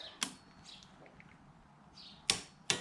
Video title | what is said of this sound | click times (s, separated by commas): 2016 Kawasaki Z1000 - Clutch Hub Replacement and Solving Dry Clutch problem | And there's the click. | 2.3 s, 2.7 s